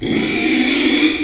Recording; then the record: squeal of a Yucatan mini pig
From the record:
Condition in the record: after surgery on the right vocal fold (resection and tissue-engineered implant); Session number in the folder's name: 2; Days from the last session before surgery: 13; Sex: male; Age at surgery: 12 weeks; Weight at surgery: 13 kg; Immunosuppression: cyclosporine, prednisolone